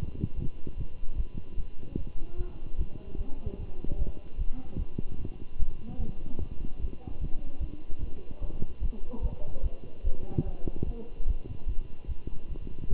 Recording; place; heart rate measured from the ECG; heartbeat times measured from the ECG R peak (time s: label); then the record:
heart sounds by stethoscope; between the tricuspid and mitral areas; 148 bpm
0.36 s: heartbeat
0.77 s: heartbeat
1.16 s: heartbeat
1.57 s: heartbeat
1.97 s: heartbeat
2.37 s: heartbeat
2.77 s: heartbeat
3.18 s: heartbeat
3.58 s: heartbeat
3.98 s: heartbeat
4.38 s: heartbeat
4.79 s: heartbeat
5.19 s: heartbeat
5.59 s: heartbeat
5.99 s: heartbeat
6.39 s: heartbeat
6.80 s: heartbeat
7.20 s: heartbeat
7.60 s: heartbeat
8.01 s: heartbeat
8.41 s: heartbeat
8.81 s: heartbeat
9.22 s: heartbeat
9.62 s: heartbeat
10.04 s: heartbeat
10.45 s: heartbeat
10.86 s: heartbeat
11.27 s: heartbeat
11.67 s: heartbeat
12.08 s: heartbeat
12.49 s: heartbeat
12.89 s: heartbeat
From the record:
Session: Bruce protocol treadmill stress test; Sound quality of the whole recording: good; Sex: male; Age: 23 years